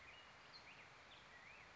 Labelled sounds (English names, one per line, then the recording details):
Black-headed Grosbeak
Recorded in Sonoma County, California